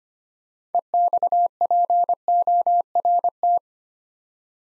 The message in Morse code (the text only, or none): EXPORT